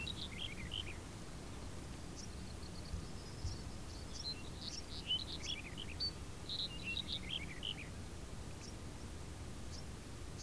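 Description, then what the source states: Mixed birdsong with rapid chirps and short bright whistles, strongest in the middle, set against a low rumbling ambient hum. Field ambience with birds.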